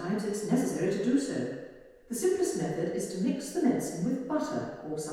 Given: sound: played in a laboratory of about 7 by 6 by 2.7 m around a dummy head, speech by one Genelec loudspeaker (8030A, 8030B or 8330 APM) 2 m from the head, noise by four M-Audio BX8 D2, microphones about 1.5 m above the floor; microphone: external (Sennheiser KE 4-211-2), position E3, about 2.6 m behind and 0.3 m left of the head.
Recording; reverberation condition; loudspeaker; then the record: female speech in English; high; 60 degrees to the right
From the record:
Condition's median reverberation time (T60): about 1300 ms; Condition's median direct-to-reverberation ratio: about -4.0 dB